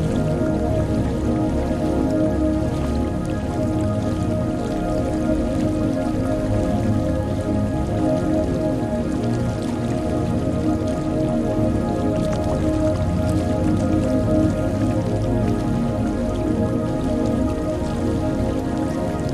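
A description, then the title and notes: Water sloshes and churns in a steady, dense wash, heaviest in the low range, with a fine spattering like drops throughout. Beneath it, held musical tones sit unchanging in the background. The level stays even for the whole stretch. Water Wave Sound with background music.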